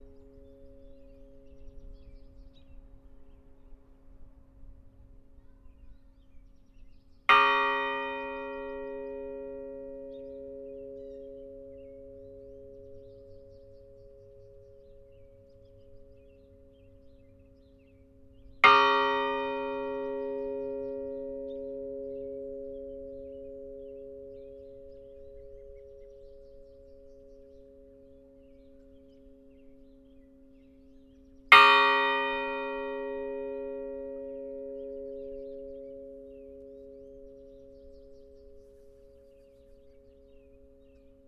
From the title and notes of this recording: Angel Bell. Bell in the park.